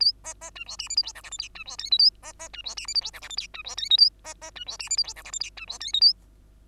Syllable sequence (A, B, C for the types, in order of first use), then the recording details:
A B B C D E F G H I J K L C D M N A B B C D E F G H I J K L C D M N A B B C D E F G H I J K L C D M N A. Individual Bird2